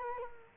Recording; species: mosquito wingbeat signal from an infrared sensor; Culex quinquefasciatus